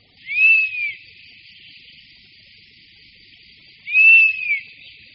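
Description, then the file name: European honey buzzard, two clear arched whistles nearly four seconds apart, each rising then sliding down, over a continuous soft hiss. "Včelojed-lesní"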